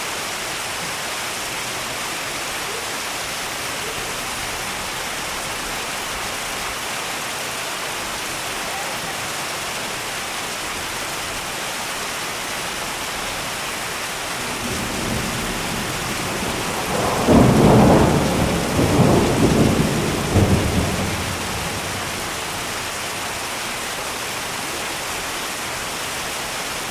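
Rain falls steadily with a dense, even hiss from start to finish. Around fifteen seconds a low rumble of thunder builds, peaks near eighteen to twenty seconds with rolling crackles, then fades back under the rain by twenty-two seconds.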